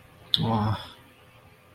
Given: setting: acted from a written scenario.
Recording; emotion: vocal sound without words; disappointment